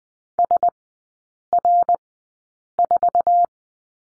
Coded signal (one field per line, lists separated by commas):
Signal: Morse code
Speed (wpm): 20 wpm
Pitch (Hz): 700 Hz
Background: none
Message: SR4